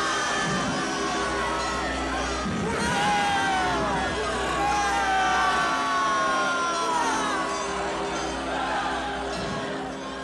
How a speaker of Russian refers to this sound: Народ встречает императора на соборной площади. Солдаты сдерживают толпу.